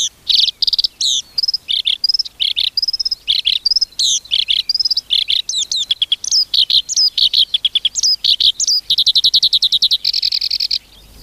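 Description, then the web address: Black-browed reed warbler song, continuous and varied: scratchy chattering notes, squeaky slurred whistles and rapid trills running on without pause for the whole stretch. "sikioto. koyoshikiri"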